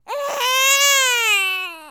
Crying baby sound effects the hollywood edge sound effects library.